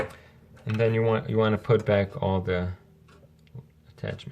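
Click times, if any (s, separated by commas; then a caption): 4.1 s. Someone talks while reattaching a plastic or metal attachment piece onto the frame of a Fitbit Blaze fitness watch after reassembly. After the talk come a few faint taps and handling noises. The attachment clicks into the watch frame with a short, sharp click at 4.1 s, confirming it is seated.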